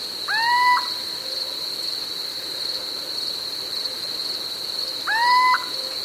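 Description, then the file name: Little owl calls: two short, rising, mewing notes about five seconds apart over a steady high-pitched drone that runs throughout. "Steinkauz J Prevost"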